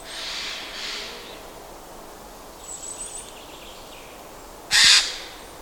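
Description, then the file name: Eurasian jay making hoarse screeches: two softer ones at the start, then one loud harsh screech near the end, with faint softer sounds in between. "Garrulus glandarius"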